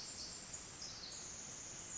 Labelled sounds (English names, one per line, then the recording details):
Pacific Wren
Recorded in Sonoma County, California